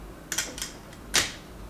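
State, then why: Seated. The juice extractor part of a slow juicer is pressed into its plastic chamber and snaps in nicely, with a sharp click at 0.3 s. A couple of lighter clicks follow at 0.4 and 0.6 s, and a louder, broader clack comes at 1.2 s.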